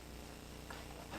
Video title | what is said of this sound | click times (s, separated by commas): Jeep bucking, hard shift, missing, hesitation 2.4 liter fix. Patriot, Compass Problem solved! | Push it on until it clicks. | 0.7 s